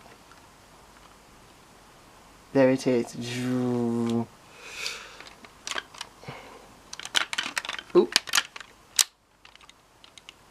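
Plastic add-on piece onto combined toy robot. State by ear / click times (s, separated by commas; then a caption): seated / 9.0 s. Someone talks while a plastic add-on piece is pressed onto the combined toy robot, a Mighty Morphin Power Rangers Legacy Ninja Megazord, with a run of small plastic clicks and rattles from about 5.7 s. A sharp, loud click at 9.0 s marks the piece seating in place, followed by a few faint clicks.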